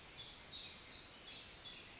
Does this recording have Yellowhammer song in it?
no